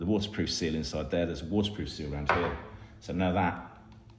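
Someone talks while handling a crimped wire terminal and a plastic waterproof multi-pin wiring connector housing with a waterproof seal, with a few faint handling ticks near the end. The terminal has not yet been pushed home: nothing has seated or clicked yet.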